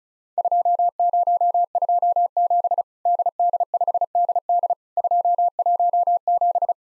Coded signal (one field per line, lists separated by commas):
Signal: Morse code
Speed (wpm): 34 wpm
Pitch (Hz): 700 Hz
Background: none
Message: 2027 DD5DD 217